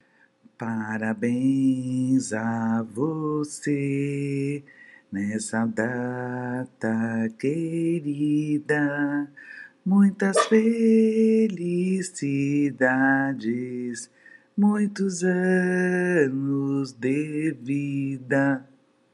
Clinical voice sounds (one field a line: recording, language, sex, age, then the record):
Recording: short text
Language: Brazilian Portuguese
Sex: female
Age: 50 to 59 years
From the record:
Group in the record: control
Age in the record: 58 years